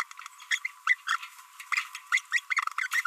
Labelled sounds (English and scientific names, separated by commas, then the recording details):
Green-rumped Parrotlet (Forpus passerinus) babbling
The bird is a female
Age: 28 days
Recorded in a nest box in Venezuela
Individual 17B42B2